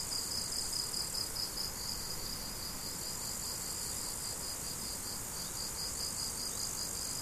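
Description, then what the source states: Crickets give rhythmic, pulsed chirps, slightly louder at the start, backed by a continuous shrill insect hiss. Crickets, recorded 17 July 2012 on an MZ-N710 recorder.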